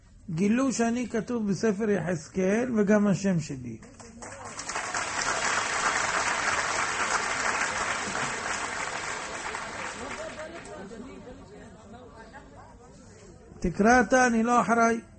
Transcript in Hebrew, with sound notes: גילו שאני כתוב בספר יחזקאל וגם השם [מחיאות כפיים] שלי תקרא אתה אני לא אחראי